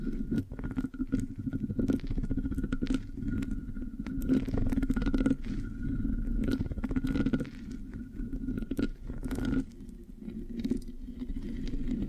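Mic scratching fills the clip with a dense, continuous low rumble and rough, grainy rubbing that swells and eases irregularly. Sharp sticky clicks and crackles break through often, and a faint steady tone hums underneath throughout.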